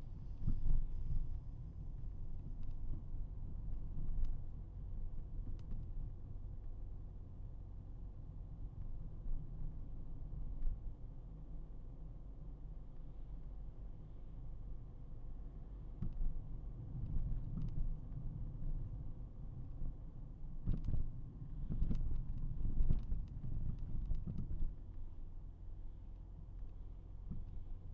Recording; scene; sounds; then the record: everyday scene through a hearing-aid microphone; in a vehicle; engine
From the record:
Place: Berlingo II, diesel engine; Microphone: behind the ear, right, front